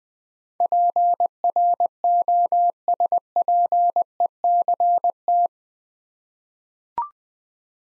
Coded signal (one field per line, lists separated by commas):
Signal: Morse code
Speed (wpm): 20 wpm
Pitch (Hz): 700 Hz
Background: none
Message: PROSPECT